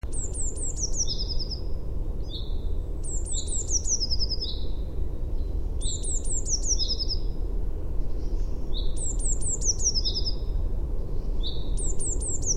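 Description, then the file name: Eurasian blue tit repeating bright, falling high-pitched note series, each ending in lower short notes, about every three seconds, over constant low background rumble. "Cyanistes caeruleus"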